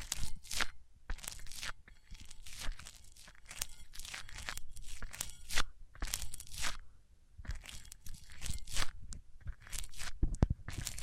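Microphones are rubbed on different surfaces, making a run of scratchy, crunching strokes that come roughly every half second to a second. Each stroke flares bright and rough, and a low rumble and handling thumps sit underneath throughout. Two sharp knocks land near the end.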